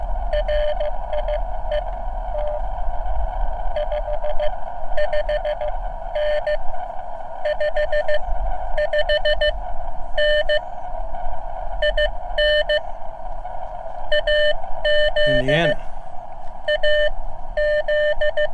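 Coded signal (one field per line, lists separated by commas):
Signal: Morse code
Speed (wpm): 15 wpm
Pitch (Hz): 600 Hz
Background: speech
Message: RIET 55N 55N IN AZ AZ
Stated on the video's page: CW park activation on a cheap uSDX+ transceiver, which picked up nearby signals badly and occasionally squealed.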